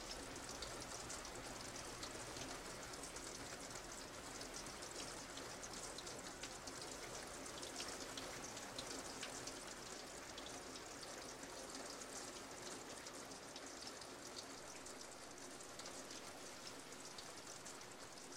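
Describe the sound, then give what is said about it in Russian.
Heavy rain streaming down a window: a dense, unbroken hiss with fine crackling drops, holding the same loud level for the whole stretch, with no voices. “Смотрит, как ливень стекает по окну.”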